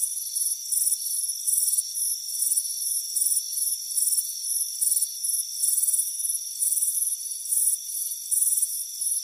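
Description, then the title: Crickets give shrill pulsed chirps in quick bursts, with a constant high insect hum running underneath. Crickets chirping on a warm afternoon by a front porch. "Soothing Crickets Chirping Sound"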